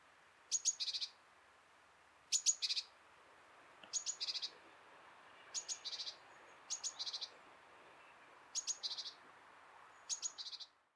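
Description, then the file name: Great tit calls: two or three sharp high notes followed by a short buzzy chatter, phrases repeated roughly every one to two seconds over quiet background hiss. "Parus major"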